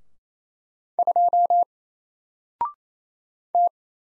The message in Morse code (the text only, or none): 2 T